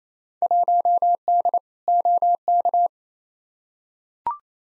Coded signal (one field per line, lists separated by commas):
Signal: Morse code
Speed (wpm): 27 wpm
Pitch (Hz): 700 Hz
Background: none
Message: 1D OK